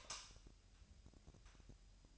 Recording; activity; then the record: daily activity, microphone in the room; light off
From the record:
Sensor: 2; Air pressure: 1001.8 hPa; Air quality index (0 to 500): 241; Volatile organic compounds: 32 ppm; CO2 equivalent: 2995 ppm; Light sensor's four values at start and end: 9/25/10/10 and 4/10/4/4